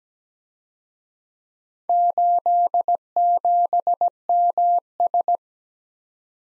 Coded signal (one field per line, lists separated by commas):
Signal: Morse code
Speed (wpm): 20 wpm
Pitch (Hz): 700 Hz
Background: none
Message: 87MS